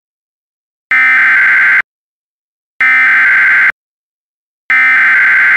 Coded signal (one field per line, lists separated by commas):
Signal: Emergency Alert System (SAME) tones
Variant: header bursts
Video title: (EAS MOCK) "Severe Thunderstorm Warning" they all say in unison